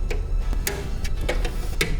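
Rubber anti-vibration mounts are pulled through a case fan's corner screw holes to mount the fan without screws. Sharp snaps sound at 0.7 s, 1.3 s and 1.8 s as the mounts pull through, with softer ticks in between. All four mounts seat and the fan is held in place.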